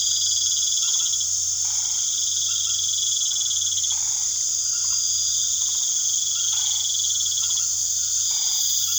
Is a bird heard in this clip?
no